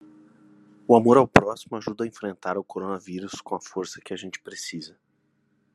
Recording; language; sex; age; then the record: spoken sentence; Brazilian Portuguese; male; 50 to 59 years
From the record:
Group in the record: control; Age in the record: 53 years